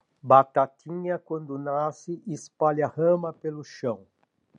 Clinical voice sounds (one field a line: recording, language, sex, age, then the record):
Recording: short text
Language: Brazilian Portuguese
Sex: male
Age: 60 to 69 years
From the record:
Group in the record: control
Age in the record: 64 years